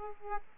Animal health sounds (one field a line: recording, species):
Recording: mosquito wingbeat signal from an infrared sensor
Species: Aedes aegypti